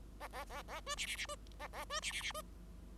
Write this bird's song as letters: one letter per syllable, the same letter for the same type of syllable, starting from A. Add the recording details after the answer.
A A A A B C C C B A A B C C C B. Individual Bird5